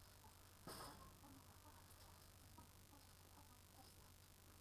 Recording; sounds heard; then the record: poultry house recording; healthy chickens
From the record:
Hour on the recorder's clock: 18